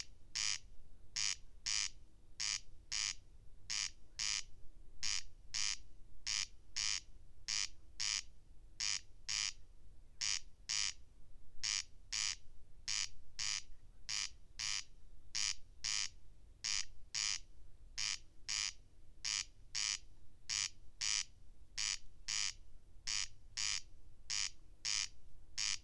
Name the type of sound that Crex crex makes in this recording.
song